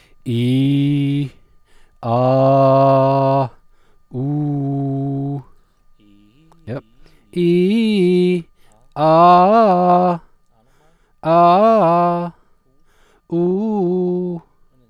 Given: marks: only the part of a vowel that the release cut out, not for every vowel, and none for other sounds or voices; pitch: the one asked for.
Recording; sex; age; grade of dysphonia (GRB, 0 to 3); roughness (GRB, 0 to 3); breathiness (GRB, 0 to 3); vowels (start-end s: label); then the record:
sustained vowels; male; 40 to 49 years; 0; 0; 0
0.35-1.17 s: vowel /i/, low pitch
2.16-3.35 s: vowel /a/, low pitch
4.21-5.28 s: vowel /u/, low pitch
7.45-8.30 s: vowel /i/, low-high-low pitch
11.34-12.16 s: vowel /a/, low-high-low pitch
13.39-14.26 s: vowel /u/, low-high-low pitch
From the record:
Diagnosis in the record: healthy voice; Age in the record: 41 years